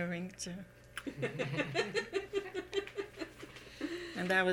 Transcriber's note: all laugh, especially daughter